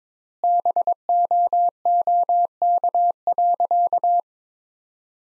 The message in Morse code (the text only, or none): BOOK.